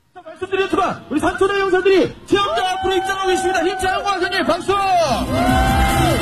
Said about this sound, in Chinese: 挑战者不惧寒冷，他们兴高采烈，高声欢呼。